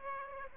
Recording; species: mosquito wingbeat signal from an infrared sensor; Aedes aegypti